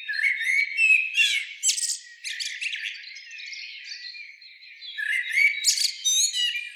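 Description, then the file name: Common blackbird calls: rapid harsh chatters and twittering notes in clusters, fading in the middle, then resuming strongly near the end. "Turdus merula"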